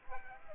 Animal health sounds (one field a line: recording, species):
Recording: mosquito wingbeat signal from an infrared sensor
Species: Aedes aegypti